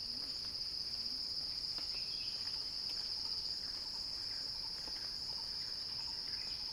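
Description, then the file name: Cicada song, a sustained piercing buzz at one pitch, with faint ticking and short soft chirps in the background. Cicada song building in a crescendo. "earth-fm Axel-Drioli Cicada-Crescendo-Sounding-Wild"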